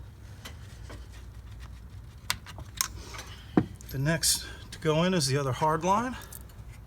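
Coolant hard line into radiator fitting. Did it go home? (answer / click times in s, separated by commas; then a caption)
no / none. A rigid coolant/cooler hard line is handled and pushed toward its radiator fitting, where it is meant to snap into place, producing several sharp clicks and knocks while someone talks. The clip ends before the line goes home; nothing has seated or clicked into place yet.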